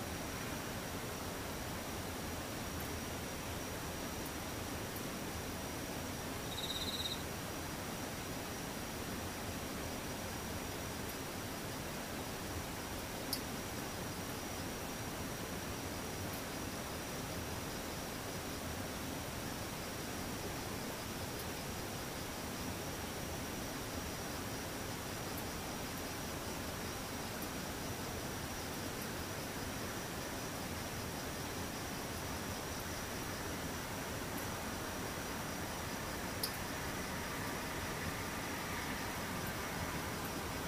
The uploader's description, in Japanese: セミムシ